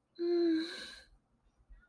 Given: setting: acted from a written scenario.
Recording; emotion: vocal sound without words; sympathy